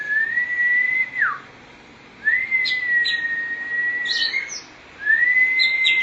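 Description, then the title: Oriental magpie-robin giving long, pure, steady whistles, the first ending in a quick drop, with a few soft chirps over them. "Suara Kicauan Burung Kacer"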